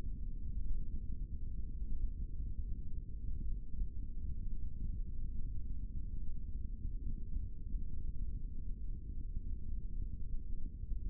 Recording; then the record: forearm muscle sounds (acoustic myography)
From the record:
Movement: rest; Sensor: system 3, bracelet of six PUI Audio POM-2738L microphones around the upper forearm, with dedicated amplification and filtering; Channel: 1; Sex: male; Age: 56 years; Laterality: right